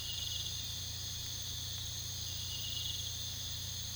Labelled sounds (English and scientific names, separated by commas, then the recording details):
none
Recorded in pastures near Puerto Asís, Putumayo, Colombia, on 18 February 2024 at 04:30
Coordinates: 0.486, -76.323
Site G6462